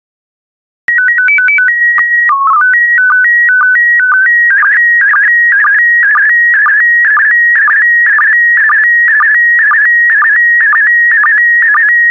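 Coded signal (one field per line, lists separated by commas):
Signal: SSTV (slow-scan television)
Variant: PD 120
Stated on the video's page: SSTV PD120 transmission of stock photos with synthesized audio prompts.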